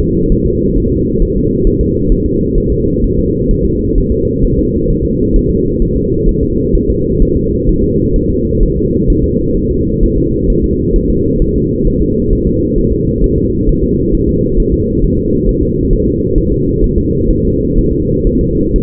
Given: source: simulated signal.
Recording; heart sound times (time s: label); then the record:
fetal heart sounds
0.00 s: S2
0.32 s: S1
0.46 s: S2
0.78 s: S1
0.92 s: S2
1.22 s: S1
1.37 s: S2
1.67 s: S1
1.81 s: S2
2.12 s: S1
2.26 s: S2
2.58 s: S1
2.72 s: S2
3.04 s: S1
3.18 s: S2
3.51 s: S1
3.65 s: S2
3.98 s: S1
4.12 s: S2
4.44 s: S1
4.59 s: S2
4.91 s: S1
5.05 s: S2
5.36 s: S1
5.50 s: S2
5.82 s: S1
5.97 s: S2
6.29 s: S1
6.43 s: S2
6.75 s: S1
6.90 s: S2
7.22 s: S1
7.36 s: S2
7.69 s: S1
7.83 s: S2
8.16 s: S1
8.30 s: S2
8.63 s: S1
8.77 s: S2
9.10 s: S1
9.24 s: S2
9.57 s: S1
9.71 s: S2
10.03 s: S1
10.18 s: S2
10.50 s: S1
10.64 s: S2
10.96 s: S1
11.10 s: S2
11.42 s: S1
11.56 s: S2
11.88 s: S1
12.02 s: S2
12.33 s: S1
12.47 s: S2
12.78 s: S1
12.92 s: S2
13.24 s: S1
13.38 s: S2
13.69 s: S1
13.83 s: S2
14.15 s: S1
14.29 s: S2
14.60 s: S1
14.74 s: S2
15.05 s: S1
15.19 s: S2
15.49 s: S1
15.63 s: S2
15.93 s: S1
16.08 s: S2
16.38 s: S1
16.52 s: S2
16.84 s: S1
16.98 s: S2
17.31 s: S1
17.45 s: S2
17.78 s: S1
17.93 s: S2
18.27 s: S1
18.41 s: S2
18.76 s: S1
From the record:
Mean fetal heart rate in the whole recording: 130 bpm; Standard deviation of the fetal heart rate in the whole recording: 4 bpm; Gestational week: 38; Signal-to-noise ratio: -14.7 dB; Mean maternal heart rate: 72 bpm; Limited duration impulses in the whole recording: present